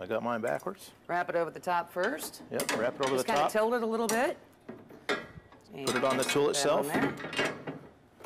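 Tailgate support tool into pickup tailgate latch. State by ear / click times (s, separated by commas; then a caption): seated / 7.7 s. A load-support tool is set down into a pickup truck's tailgate latch striker area while two people talk. Knocks are heard near 4.7 and 5.1 seconds, then a latch click at 7.7 seconds as the tool seats, taking the load off the strap.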